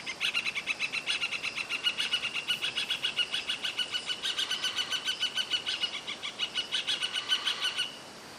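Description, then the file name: Finch song: a long, lively stream of tinkling, twittering notes, running without a break for roughly eight seconds. "canto do pintassilgo"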